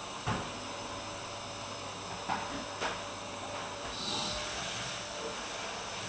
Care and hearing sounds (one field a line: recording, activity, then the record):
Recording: daily activity, microphone in the room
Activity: vacuum cleaning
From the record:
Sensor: 2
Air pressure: 988.5 hPa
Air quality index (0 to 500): 195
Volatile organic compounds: 210 ppm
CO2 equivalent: 4244 ppm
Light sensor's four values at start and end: 19/66/26/24 and 19/66/26/24